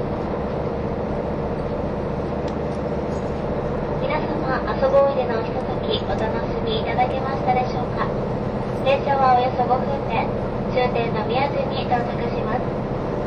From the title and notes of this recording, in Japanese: キハ183系 あそぼーい103号01 熊本～宮地。流浪の車両であるJR九州キハ183系、ようやく安住の列車となる”あそぼーい！103号”を収録したものです。走行音。